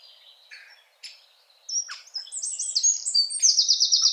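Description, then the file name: Eurasian wren, scattered high notes leading into a loud, rapid, rattling trill at the close. "Troglodytes troglodytes"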